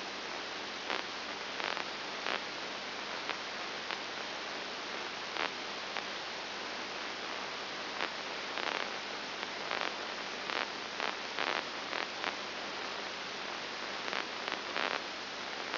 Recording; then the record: brain microelectrode recording played as sound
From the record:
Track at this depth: inside the subthalamic nucleus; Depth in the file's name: 4.901 mm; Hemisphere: left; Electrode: 2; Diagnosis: Parkinson's disease